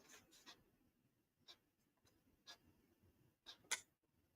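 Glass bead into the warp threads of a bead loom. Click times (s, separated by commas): 3.7 s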